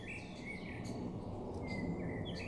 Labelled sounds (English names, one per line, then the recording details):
Great Spotted Woodpecker
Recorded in Germany
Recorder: ecoPi